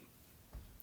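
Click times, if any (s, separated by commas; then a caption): 0.8 s. The pony wheel bogie assembly of a Bachmann Class 40 model locomotive is lined up correctly and pressed gently at the rear into the chassis. After a quiet stretch with a soft low bump around 0.55 s, its plastic clips snap home with a sharp click at 0.8 s, and the assembly is seated back in place.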